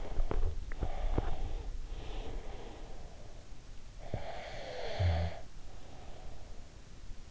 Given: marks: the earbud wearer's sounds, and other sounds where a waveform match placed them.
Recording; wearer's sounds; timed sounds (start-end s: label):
sounds in sleep by an in-ear microphone; swallowing, snoring breath
0.00-3.15 s: swallowing
3.82-6.51 s: snoring breath